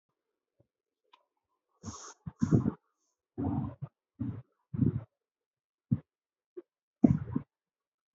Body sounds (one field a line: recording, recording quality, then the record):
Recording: deep breathing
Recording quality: poor, much background noise or distortion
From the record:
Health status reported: healthy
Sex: female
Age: 24 years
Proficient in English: yes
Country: India